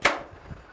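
After a paper roll is dropped into an Epson TM-U220B dot-matrix receipt printer, the rear paper cover is pushed shut against the printer body with one sharp, bright latch click at 0.05 s that quickly decays. A faint low thump follows near 0.5 s, and the cover is locked securely in place.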